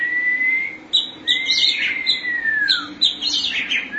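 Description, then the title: Oriental magpie-robin giving long, smooth whistles, one swooping downward, interspersed with bright chirps and quick high notes. "Suara Kicauan Burung Kacer"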